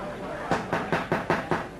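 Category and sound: household object, knocking on a door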